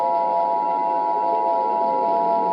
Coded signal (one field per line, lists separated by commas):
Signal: Emergency Alert System (SAME) tones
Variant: 853 and 960 Hz attention tone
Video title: *VALID TONES* War Of The Worlds REMASTERED (EAS Scenario)